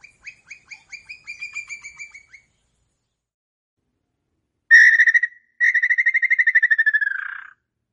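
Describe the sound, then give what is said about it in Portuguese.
A campo flicker (Colaptes campestris), a Brazilian woodpecker that is a symbol of rural areas, calls in rapid, evenly spaced notes that speed into a rattling series, pauses, then gives a loud, fast, slightly descending trill. Mid-high and ringing, with no voices. “Dentre todas as espécies de pica-paus brasileiros, este é o símbolo da área rural.”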